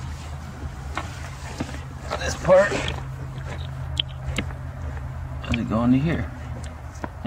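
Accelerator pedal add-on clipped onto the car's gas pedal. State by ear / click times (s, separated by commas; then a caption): seated / 7.0 s. A plastic part of an aftermarket accelerator pedal add-on is pushed onto a car's gas pedal while someone talks over a steady low hum, with scattered light taps and knocks. It snaps into place with a sharp click at 7.0 s, seating the add-on on the pedal.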